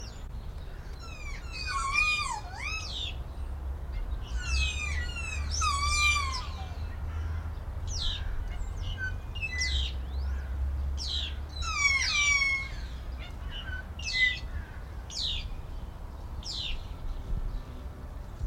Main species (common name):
Kea